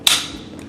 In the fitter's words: and it'll click in place just like that then you have your power switch right here